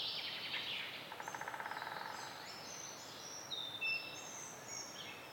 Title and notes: Transylvania - Young Forest - Dawn Chorus With Woodpecker. Transylvanian dawn chorus with woodpecker drumming